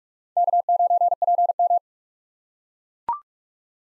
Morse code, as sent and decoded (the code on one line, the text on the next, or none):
-.- ----. .--. --
K9PM